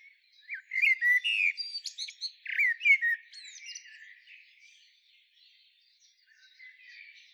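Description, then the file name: Eurasian blackbird singing a rich warbled phrase mixed with high squeaky twitters, fading into softer, quieter notes toward the end. "Turdus merula"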